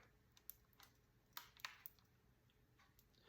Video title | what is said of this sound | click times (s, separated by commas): DJI Mini 3 Configuration Guide: Unlocking the Full Potential for Aerial Filming! | You might not have heard that, but you'll hear a tiny little click just to tell you that that there is now locked in, | 0.5 s